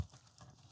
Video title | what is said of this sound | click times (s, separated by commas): I Modified My GMC Typhoon & Made It 50 Miles Before Something Bad Happened To The Engine! NOT GOOD! | And the pin's just gonna slide in this way, clicks right in. | 0.4 s